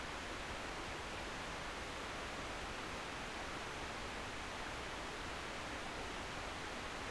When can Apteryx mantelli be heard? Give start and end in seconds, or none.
none